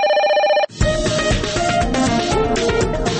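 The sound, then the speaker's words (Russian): A short burst of steady, high electronic telephone ringing that cuts off abruptly, followed straight away by loud, rhythmic music with a driving beat, opening the listener call-in segment 'Calls to Freedom' on Radio Svaboda. “Звонки на свободу.”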